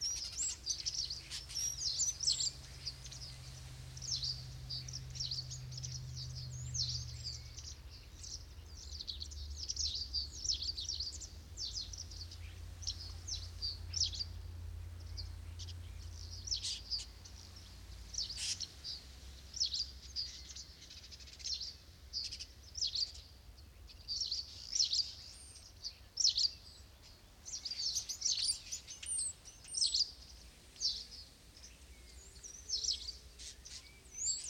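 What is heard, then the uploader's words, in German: A large flock of starlings, perhaps a thousand birds, fills the air with a dense, unbroken chatter of high squeaks, whistles and clicks. The mass of calls swells and dips in short bursts throughout. A low steady rumble hums underneath, stronger in the first half. Stare in der Lehmgrube Marloffstein (am Abend; Kopfhörerfassung). Eine Kunstkopfaufnahme con vielleicht 1000 Staren.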